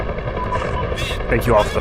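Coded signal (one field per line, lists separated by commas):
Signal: none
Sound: aircraft cockpit warning beeps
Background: speech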